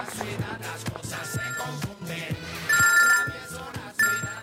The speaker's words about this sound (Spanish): A ver, una llamada, a ver, alguien, una llamada. El teléfono, ¿dónde está? Una llamada, pilas. Veo una llamada. Una llamada.